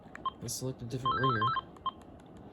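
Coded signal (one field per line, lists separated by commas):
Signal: none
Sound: cordless phone menu beeps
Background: speech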